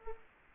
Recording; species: mosquito wingbeat signal from an infrared sensor; Culex quinquefasciatus